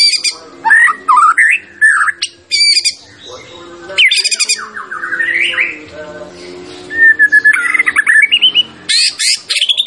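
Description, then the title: White-rumped shama song: loud varied phrases of rising whistles, rapid trills and harsh high bursts, with short pauses between phrases. Champion white-rumped shama; recording used for training songbirds (masteran). "Masteran Murai Batu Juara"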